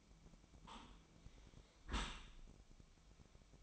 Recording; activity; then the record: daily activity, microphone in the room; close dishwasher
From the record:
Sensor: 1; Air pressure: 1003.1 hPa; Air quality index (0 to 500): 196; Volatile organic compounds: 6 ppm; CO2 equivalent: 1873 ppm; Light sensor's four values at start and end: 18/43/18/21 and 18/43/18/21